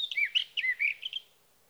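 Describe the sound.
Sage thrasher song fragment, a brief burst of half a dozen quick slurred and warbled notes lasting just over a second.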